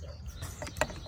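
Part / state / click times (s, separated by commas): mass airflow sensor connector into sensor socket / seated / 0.8 s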